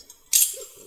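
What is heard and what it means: The push button on a cylindrical door knob lock is pressed and the knob is turned gently, and the lock engages with a sharp, bright click at 0.4 s that rings briefly before fading. The push button lock mechanism has locked.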